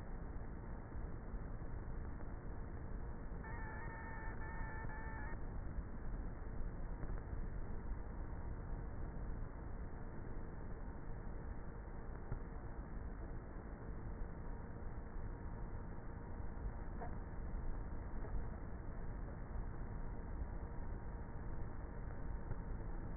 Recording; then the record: honeybee colony, microphone inside the hive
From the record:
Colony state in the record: queenless with a low population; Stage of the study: before two queens were removed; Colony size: about 30,000 bees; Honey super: no